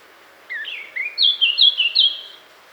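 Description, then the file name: Eurasian blackcap song: a warbled phrase of quick notes that rises into clear, fluty whistled slurs, lasting about two seconds, against a faint steady background hiss. "Sylvia atricapilla"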